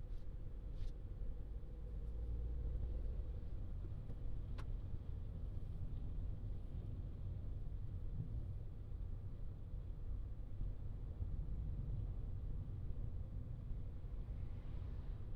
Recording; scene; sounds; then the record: everyday scene through a hearing-aid microphone; in a vehicle; engine, traffic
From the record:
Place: Skoda Fabia, gasoline engine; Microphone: in the ear canal, left